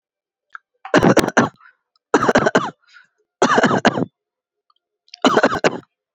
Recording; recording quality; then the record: shallow voluntary cough; excellent, no background noise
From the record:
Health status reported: healthy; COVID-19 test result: not tested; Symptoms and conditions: cough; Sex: male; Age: 27 years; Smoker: not ticked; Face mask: not worn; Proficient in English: yes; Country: India